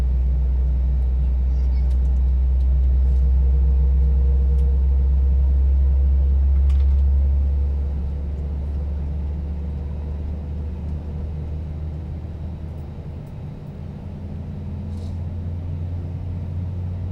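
Airplane engine noise in flight: a deep, steady rumble dominated by low tones, with a faint hum above. Around eight seconds the drone drops in level and settles lower, continuing evenly, with a few brief light clicks scattered throughout.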